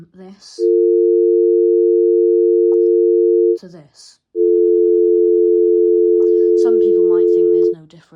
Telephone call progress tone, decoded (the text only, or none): dial tone